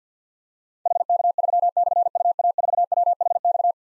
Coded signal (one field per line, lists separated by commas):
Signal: Morse code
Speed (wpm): 52 wpm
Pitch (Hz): 700 Hz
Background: none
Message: HK3/UA4WHX